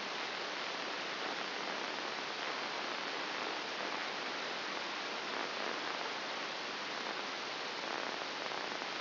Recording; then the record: brain microelectrode recording played as sound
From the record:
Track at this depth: outside the subthalamic nucleus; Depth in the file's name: 6.101 mm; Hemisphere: left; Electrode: 2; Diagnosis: Parkinson's disease